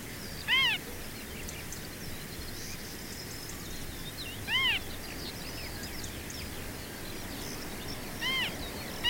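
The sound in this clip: Marsh harrier mewing calls, clear arched notes about four seconds apart, ending with a pair, over constant chirping from other small birds.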